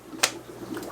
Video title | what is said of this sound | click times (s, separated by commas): Oase Canister Filter | and it clicks right in and that's it | 0.2 s